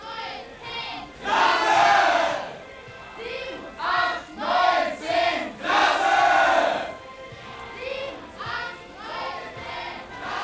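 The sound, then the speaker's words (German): A large crowd roars and shouts in loud, surging bursts, with several swelling waves of massed voices rising and falling over about ten seconds, no clear speech. “Die können brüllen.”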